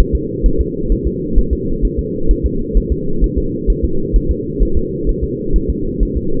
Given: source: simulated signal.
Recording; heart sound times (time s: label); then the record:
fetal heart sounds
0.00 s: S1
0.15 s: S2
0.46 s: S1
0.61 s: S2
0.92 s: S1
1.07 s: S2
1.38 s: S1
1.53 s: S2
1.85 s: S1
1.99 s: S2
2.31 s: S1
2.46 s: S2
2.77 s: S1
2.92 s: S2
3.24 s: S1
3.38 s: S2
3.70 s: S1
3.85 s: S2
4.16 s: S1
4.31 s: S2
4.62 s: S1
4.77 s: S2
5.09 s: S1
5.24 s: S2
5.56 s: S1
5.70 s: S2
6.03 s: S1
6.17 s: S2
From the record:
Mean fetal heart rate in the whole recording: 130 bpm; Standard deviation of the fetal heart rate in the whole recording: 2 bpm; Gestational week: 36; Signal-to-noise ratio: -8.1 dB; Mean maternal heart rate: 72 bpm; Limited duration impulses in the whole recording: absent